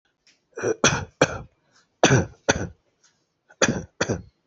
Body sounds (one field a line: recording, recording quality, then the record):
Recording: shallow voluntary cough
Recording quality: excellent, no background noise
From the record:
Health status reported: healthy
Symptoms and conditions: hypertension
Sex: male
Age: 47 years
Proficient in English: yes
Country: India